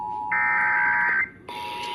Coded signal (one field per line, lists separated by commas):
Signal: Emergency Alert System (SAME) tones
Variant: header bursts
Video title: May 2020 Texas Required Monthly Test (EAS# 58-63)